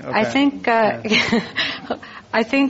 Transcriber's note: laughter